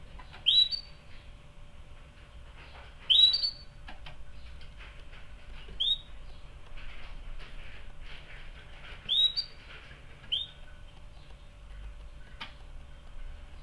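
Canary repeating brief rising chirps at irregular intervals, with soft background rustles.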